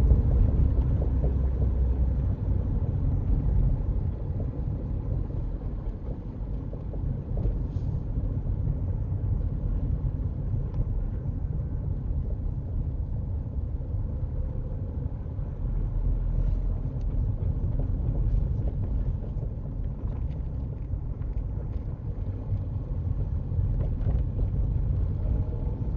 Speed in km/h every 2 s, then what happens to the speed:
31, 27, 26, 23, 21, 19, 21, 23, 21, 21, 18, 19, 26.
0-9 slows to 19. 9-20 steady at about 21. 20-26 speeds up to 26.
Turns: none.